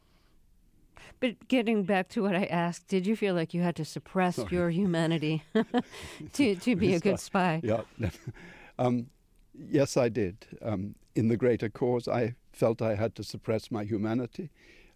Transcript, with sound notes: But getting back to what I asked, did you feel like you had to suppress your humanity (laughter) to be a good spy?
Yes, I did. In the greater cause, I felt I had to suppress my humanity.